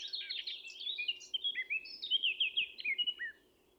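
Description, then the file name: Eurasian blackcap song: a rapid, varied warble of chattering and slurred notes that stops abruptly after about three and a half seconds. "Sylvia atricapilla"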